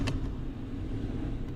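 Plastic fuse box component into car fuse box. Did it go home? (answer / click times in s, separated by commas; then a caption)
no / none. A plastic fuse box component is handled and pressed toward its place in a car fuse box, with a steady low rumble throughout and a brief faint rustle near the start. Nothing has seated or clicked yet; the part is not yet home.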